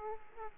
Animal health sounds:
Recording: mosquito wingbeat signal from an infrared sensor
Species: Aedes aegypti

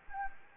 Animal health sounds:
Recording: mosquito wingbeat signal from an infrared sensor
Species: Anopheles gambiae

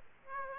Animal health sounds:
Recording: mosquito wingbeat signal from an infrared sensor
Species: Aedes aegypti

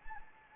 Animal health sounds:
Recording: mosquito wingbeat signal from an infrared sensor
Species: Anopheles gambiae

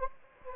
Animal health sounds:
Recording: mosquito wingbeat signal from an infrared sensor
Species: Anopheles gambiae

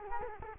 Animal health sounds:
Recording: mosquito wingbeat signal from an infrared sensor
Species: Culex quinquefasciatus

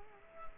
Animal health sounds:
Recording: mosquito wingbeat signal from an infrared sensor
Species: Culex quinquefasciatus

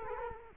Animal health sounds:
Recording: mosquito wingbeat signal from an infrared sensor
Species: Culex quinquefasciatus

